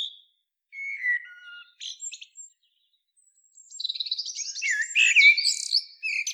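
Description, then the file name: Eurasian blackbird starting with a few scattered thin whistles, then launching into a dense, rapid run of squeaky twittering notes. "Turdus merula"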